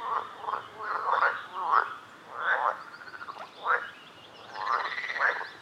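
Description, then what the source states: Frog croaks, rough pulsed calls repeated in bursts about every second with brief gaps. Recorded at a lake.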